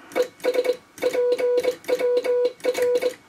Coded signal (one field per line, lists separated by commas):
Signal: Morse code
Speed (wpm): 22 wpm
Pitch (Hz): 500 Hz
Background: none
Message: ES PWR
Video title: Homebrew QRP Valve Transceiver For 80m